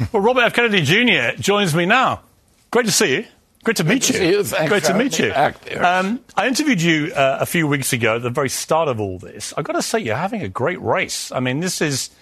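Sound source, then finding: Adult interviewer speaking. Normal voice.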